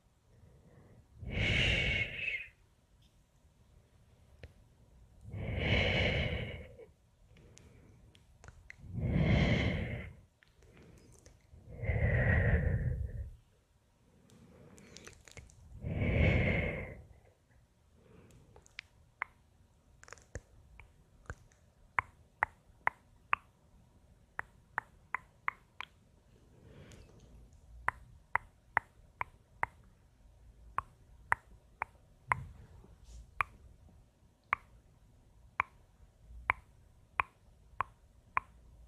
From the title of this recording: hand movements, tongue clicking, shushing